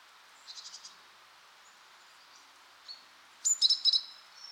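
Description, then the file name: Great tit calling, a faint quick chatter then a loud cluster of sharp, high, chinking and buzzy notes near the end, against a constant hiss. "Parus major"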